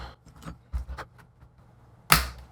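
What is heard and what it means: A stubborn corner of a Lenovo G50-70 laptop's plastic case shell is pressed down toward the mating case half, with soft low handling thumps and rustles before it. At 2.1 s a single sharp, loud snap rings out as the corner's clips snap home and the case corner seats.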